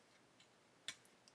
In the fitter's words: you'll tell when it's gone in because it will lock into place so you can see there sort of angle it's got to be on